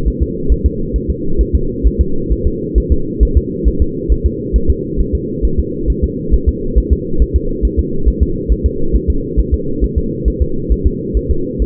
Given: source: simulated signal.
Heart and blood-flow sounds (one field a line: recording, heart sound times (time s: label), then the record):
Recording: fetal heart sounds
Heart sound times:
0.08 s: S1
0.22 s: S2
0.52 s: S1
0.66 s: S2
0.96 s: S1
1.10 s: S2
1.41 s: S1
1.55 s: S2
1.87 s: S1
2.01 s: S2
2.32 s: S1
2.47 s: S2
2.78 s: S1
2.92 s: S2
3.23 s: S1
3.37 s: S2
3.68 s: S1
3.82 s: S2
4.12 s: S1
4.26 s: S2
4.56 s: S1
4.70 s: S2
5.00 s: S1
5.15 s: S2
5.45 s: S1
5.59 s: S2
5.90 s: S1
6.04 s: S2
6.34 s: S1
6.48 s: S2
6.78 s: S1
6.92 s: S2
7.22 s: S1
7.36 s: S2
7.65 s: S1
7.79 s: S2
8.08 s: S1
8.23 s: S2
8.52 s: S1
8.66 s: S2
8.95 s: S1
9.10 s: S2
9.39 s: S1
9.54 s: S2
9.84 s: S1
9.98 s: S2
10.28 s: S1
10.42 s: S2
10.72 s: S1
10.87 s: S2
11.17 s: S1
11.31 s: S2
11.62 s: S1
From the record:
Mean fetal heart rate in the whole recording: 135 bpm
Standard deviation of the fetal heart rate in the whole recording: 3 bpm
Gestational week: 34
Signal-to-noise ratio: -8.1 dB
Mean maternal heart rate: 72 bpm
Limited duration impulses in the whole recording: absent